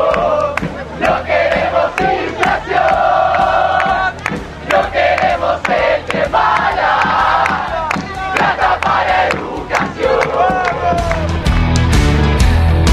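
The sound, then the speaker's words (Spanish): A crowd of protesters, students and independents of the Assembly for Public Transport, chants loudly in unison against a fare increase outside the Council on Thursday, rhythmic shouted phrases repeating over and over with cheers and yelling mixed in, sustained and energetic throughout. “Y no faltaron el jueves a la puerta del Consejo para hacer oír su voz. No queremos el aumento.”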